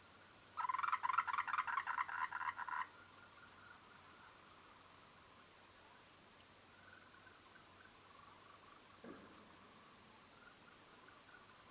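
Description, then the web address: Frogs give one fast, loud rattling burst lasting about two seconds, then only faint croaks remain. "voice cam frogs"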